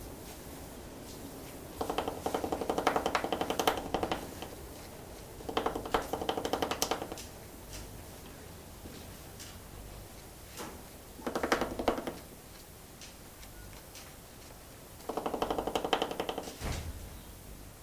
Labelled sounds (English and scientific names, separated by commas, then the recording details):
Trumpeter Hornbill (Bycanistes bucinator) drumming
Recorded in captivity
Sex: female
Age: adult
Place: Zoo Berlin, Berlin, DE
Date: 1997-11-15 12:15
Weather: bedeckt - leichter Regen, 5°C
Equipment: Nagra SN, Kopie Uher 4000 Report Monitor
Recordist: Tembrock, Günter